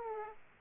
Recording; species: mosquito wingbeat signal from an infrared sensor; Aedes aegypti